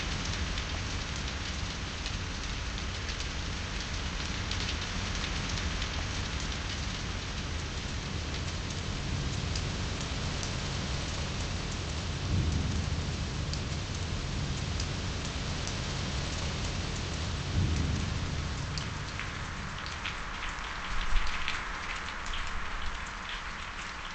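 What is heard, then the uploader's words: Steady rain falls throughout, a dense even hiss with a low rumbling undertone. Around twelve and eighteen seconds soft low swells rise briefly, like thunder, and near the end a few brighter drops and splashes stand out. Rain.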